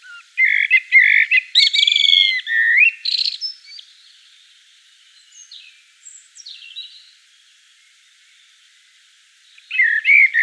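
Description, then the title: Common blackbird song: a mellow fluted phrase ending in a high squeaky twitter, a long pause, and a fresh phrase starting at the end. Sung in Provence at dusk. "Sylvain Jaskowiak - Mes piafs. Merle noir en Provence au crépuscule"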